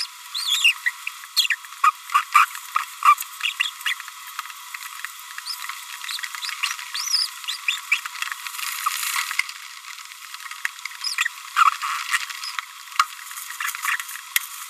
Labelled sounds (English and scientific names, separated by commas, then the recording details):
Green-rumped Parrotlet (Forpus passerinus) babbling
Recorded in a nest box in Venezuela
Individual 18B25A5